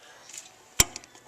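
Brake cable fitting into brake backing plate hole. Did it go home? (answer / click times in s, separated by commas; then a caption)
yes / 0.8 s. A rear brake cable fitting is pushed through the hole in a metal brake backing plate until its retaining clip snaps in place, then checked to make sure it won't come out. After some soft rustling, a sharp, bright click at 0.8 s marks the fitting seating, followed by a couple of fainter ticks. The cable end is seated.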